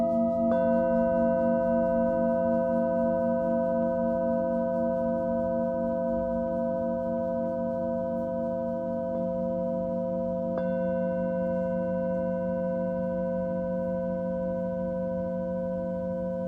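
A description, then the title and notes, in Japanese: A Tibetan singing bowl rings with a steady, sustained tone, its layered overtones holding for the full sixteen seconds and fading only slightly. A low, pulsing waver runs beneath it, and light strikes or taps add brief accents near the start and around ten seconds. チベタンシンギングボウルの子守唄。日本の真夜中に合わせていつもよりそっとそっと叩きました。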